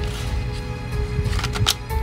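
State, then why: Seated. The plastic saucer section of a 2023 Playmates Star Trek The Next Generation Electronic U.S.S. Enterprise NCC-1701-D toy is guided onto its pins on the starship body, near the deflector dish where power passes through to light up that section. Over steady background music, it snaps home with a sharp click at 1.7 s. A hook catch engages underneath and locks the saucer into place, and someone talks.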